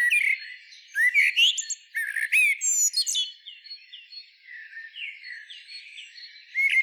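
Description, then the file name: Common blackbird song made of fluted downslurred whistles and fast squeaky trills in the first half, fading into softer, scattered notes afterwards. "Turdus merula"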